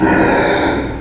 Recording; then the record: squeal of a Yucatan mini pig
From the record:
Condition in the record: before surgery on the right vocal fold (resection and tissue-engineered implant); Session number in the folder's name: 1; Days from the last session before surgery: -21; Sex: female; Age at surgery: 19 weeks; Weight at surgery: 25 kg